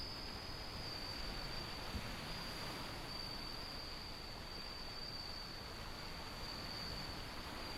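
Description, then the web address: Bell cricket song: a steady high ringing broken into repeated brighter bell-like phrases, against constant rushing wind or waves. Windy scene with ocean sound. "windy scape osean sound suzumushi"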